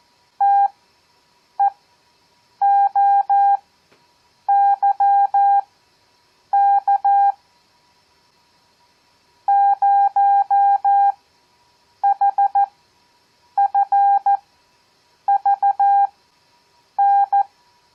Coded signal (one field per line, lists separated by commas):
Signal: Morse code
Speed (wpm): 14 wpm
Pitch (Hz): 800 Hz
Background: none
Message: TEOYK 0HFVN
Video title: Copy Morse Code 7th Grade